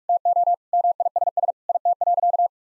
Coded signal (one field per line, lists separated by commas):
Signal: Morse code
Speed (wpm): 46 wpm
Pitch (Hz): 700 Hz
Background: none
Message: TO MISS IT.